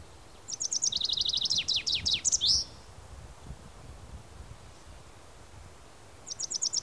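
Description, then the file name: Common chaffinch song: a bright, rattling series of high notes dropping into a descending run and ending in a flourish, then a new song begins after a pause. "Fringilla coelebs"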